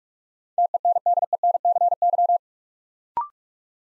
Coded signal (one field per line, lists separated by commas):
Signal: Morse code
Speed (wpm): 44 wpm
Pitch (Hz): 700 Hz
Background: none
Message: TENDENCY